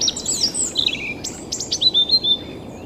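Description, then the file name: European robin song: a quick, varied phrase of thin, high whistles and sliding notes, shifting pitch up and down in under three seconds. "Erithacus rubecula"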